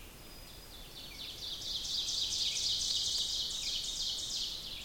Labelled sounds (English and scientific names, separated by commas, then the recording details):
Ovenbird (Seiurus aurocapilla) song
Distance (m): 45 m
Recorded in boreal forest in Alberta, Canada, on 2 June 2016 at 06:12
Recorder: SongMeter 3, array SBT-3-7
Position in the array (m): 49 m, 148 m
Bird 4